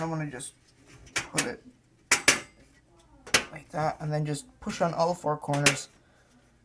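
Someone talks while a metal motherboard I/O shield is handled and pressed into the rear opening of a PC case by pushing on its corners, with brief sharp knocks near 2.1 and 3.3 seconds. The shield's tabs have not clicked into place yet, and nothing has seated.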